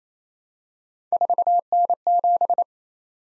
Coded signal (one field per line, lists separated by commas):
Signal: Morse code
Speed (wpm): 28 wpm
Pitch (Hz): 700 Hz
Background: none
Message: 4N7